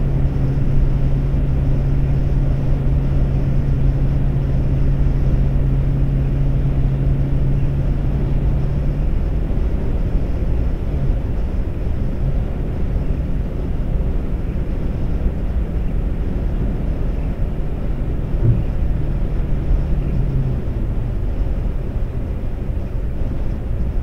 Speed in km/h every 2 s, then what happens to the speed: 138, 138, 138, 137, 135, 132, 132, 132, 134, 134, 127, 121.
0-18 steady at about 134. 18-24 slows to 121.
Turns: none.